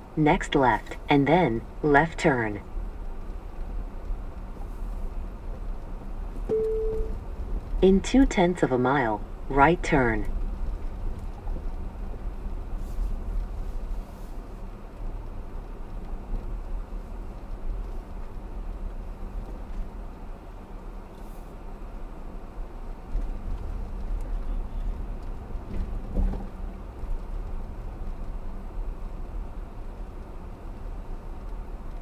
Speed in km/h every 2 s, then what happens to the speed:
16, 19, 21, 23, 23, 24, 24, 24, 24, 23, 23, 26, 26, 26, 19, 18.
0-9 speeds up to 24. 9-26 steady at about 24. 26-32 slows to 18.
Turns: none.